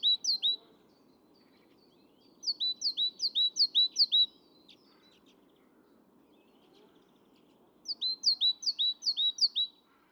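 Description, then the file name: Great tit repeating high, clipped two-note phrases in three bursts, the middle and last bursts several phrases long, with quiet gaps and faint hiss. "Parus major"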